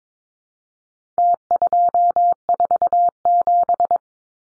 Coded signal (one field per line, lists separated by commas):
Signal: Morse code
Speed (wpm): 22 wpm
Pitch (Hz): 700 Hz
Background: none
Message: T247